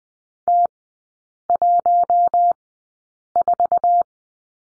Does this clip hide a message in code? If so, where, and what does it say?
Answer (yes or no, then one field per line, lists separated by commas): yes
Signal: Morse code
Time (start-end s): 0.5-4.0 s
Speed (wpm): 20 wpm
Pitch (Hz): 700 Hz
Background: none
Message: T14